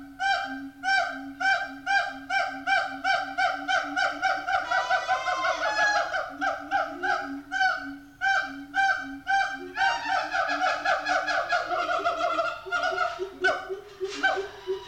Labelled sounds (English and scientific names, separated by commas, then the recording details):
Siamang (Symphalangus syndactylus)
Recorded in captivity
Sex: pair
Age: adult
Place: Zoo Berlin, Berlin, DE
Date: 1984-08-03
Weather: bedeckt, heiter, Regen, 20°C
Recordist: Tembrock, Günter
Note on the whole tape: Paar: Rufreihen, Duette, dann Laute bei Kopula, diese bis zum Schluß. Nach Ansage durch G.Tembrock ist die Aufnahme vom 10.8.84 (Unterschied zur Bandbeschriftung). In der Aufnahme sind Knackgeräusche